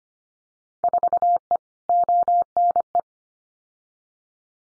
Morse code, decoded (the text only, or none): 4E ONE